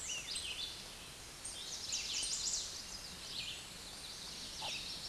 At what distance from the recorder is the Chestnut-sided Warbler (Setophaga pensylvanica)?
about 40 m